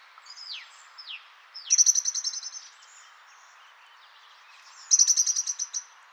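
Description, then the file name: Common blackbird calls: a few quick downward-sliding notes, then two bursts of rapid, sharp chattering notes separated by a pause. "Turdus merula"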